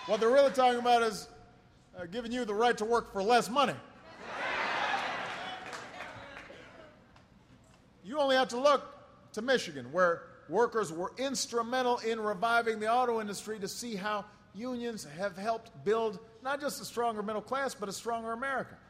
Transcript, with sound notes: What they're really talking about is giving you the right to work for less money. (Applause.) You only have to look to Michigan -- where workers were instrumental in reviving the auto industry -- to see how unions have helped build not just a stronger middle class but a stronger America.